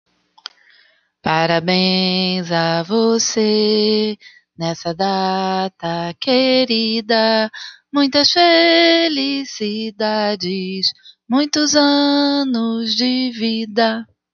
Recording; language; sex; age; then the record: short text; Brazilian Portuguese; female; 40 to 49 years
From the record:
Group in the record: control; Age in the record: 47 years